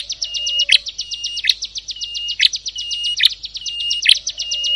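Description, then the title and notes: Prinia song: a high, fast, rattling trill broken by sharp chip notes about once a second. Compilation of ciblek and prenjak birdsong intended for masteran, tutoring captive songbirds. "Kompilasi Suara Ciblek Prenjak Cocok Untuk Masteran. Kicau Burung Prenjak Ciblek"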